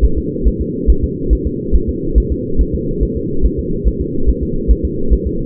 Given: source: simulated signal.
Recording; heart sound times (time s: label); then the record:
fetal heart sounds
0.05 s: S1
0.18 s: S2
0.48 s: S1
0.61 s: S2
0.90 s: S1
1.04 s: S2
1.33 s: S1
1.47 s: S2
1.75 s: S1
1.89 s: S2
2.18 s: S1
2.32 s: S2
2.61 s: S1
2.75 s: S2
3.03 s: S1
3.17 s: S2
3.46 s: S1
3.59 s: S2
3.88 s: S1
4.01 s: S2
4.30 s: S1
4.43 s: S2
4.71 s: S1
4.85 s: S2
5.13 s: S1
5.27 s: S2
From the record:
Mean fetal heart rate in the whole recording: 140 bpm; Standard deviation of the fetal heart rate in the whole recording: 2 bpm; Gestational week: 34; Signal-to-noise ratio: -8.1 dB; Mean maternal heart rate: 72 bpm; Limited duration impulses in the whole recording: absent